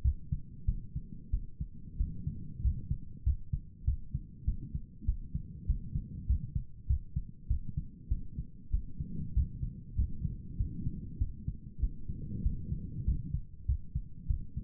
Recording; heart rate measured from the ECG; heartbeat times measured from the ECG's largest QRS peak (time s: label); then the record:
heart sounds by stethoscope; 97 bpm
0.02 s: heartbeat
0.65 s: heartbeat
1.30 s: heartbeat
1.97 s: heartbeat
2.61 s: heartbeat
3.23 s: heartbeat
3.84 s: heartbeat
4.44 s: heartbeat
5.05 s: heartbeat
5.66 s: heartbeat
6.26 s: heartbeat
6.87 s: heartbeat
7.47 s: heartbeat
8.08 s: heartbeat
8.70 s: heartbeat
9.33 s: heartbeat
9.95 s: heartbeat
10.56 s: heartbeat
11.18 s: heartbeat
11.79 s: heartbeat
12.42 s: heartbeat
13.04 s: heartbeat
13.65 s: heartbeat
14.27 s: heartbeat
From the record:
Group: healthy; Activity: rest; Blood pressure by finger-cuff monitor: 122/69 mmHg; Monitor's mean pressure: 83 mmHg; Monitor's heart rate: 97 bpm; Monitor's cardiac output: 8.6 L/min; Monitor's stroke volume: 88 mL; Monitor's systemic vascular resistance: 700 dyn s/cm5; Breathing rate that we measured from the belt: 17 breaths a minute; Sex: male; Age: 19 years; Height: 178 cm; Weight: 83 kg